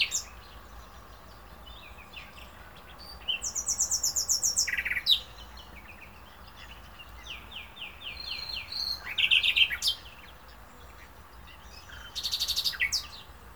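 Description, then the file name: Common nightingale song in separate phrases: a high metallic rattle, a rapid series of repeated notes, a rich chattering trill, and a final high buzzy burst, with quiet pauses between. "Luscinia megarhynchos"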